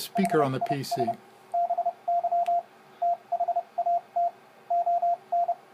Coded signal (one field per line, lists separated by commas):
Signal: Morse code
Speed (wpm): 30 wpm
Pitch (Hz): 690 Hz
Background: speech, radio noise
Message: HIS BY THAT ON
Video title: Homebrew Arduino CW (Morse) Decoder & 4 Line LCD Display - Cheap